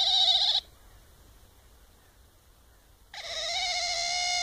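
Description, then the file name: Otter giving two rich, harmonic squealing whistles, a short one then a longer one after a silent pause of about two and a half seconds. "vidra"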